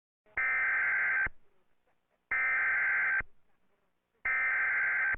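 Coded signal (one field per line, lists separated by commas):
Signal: Emergency Alert System (SAME) tones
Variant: header bursts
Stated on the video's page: Mock EAS/EBS videos with valid tones.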